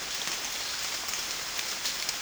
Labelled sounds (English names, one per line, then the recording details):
none
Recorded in dense forest near Puerto Asís, Putumayo, Colombia, on 12 March 2025 at 08:30
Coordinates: 0.484, -76.317
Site G064